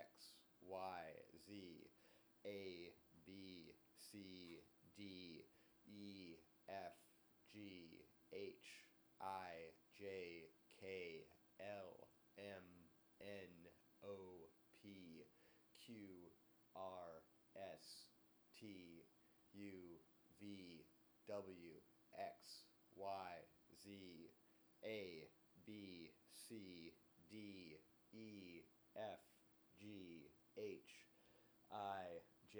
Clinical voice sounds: letters of the alphabet, spoken; free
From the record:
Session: seven days later

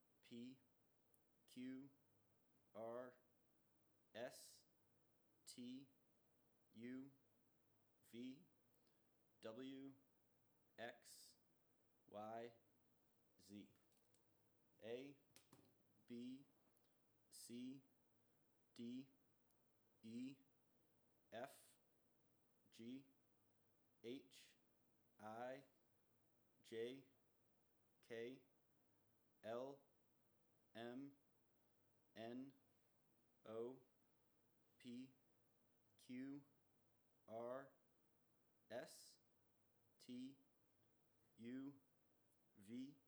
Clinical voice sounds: letters of the alphabet, spoken; free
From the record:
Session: first day, before the bite bar

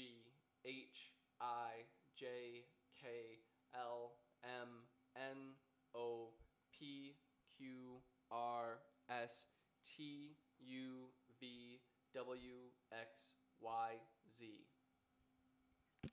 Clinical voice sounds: letters of the alphabet, spoken; free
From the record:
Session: first day, before the bite bar

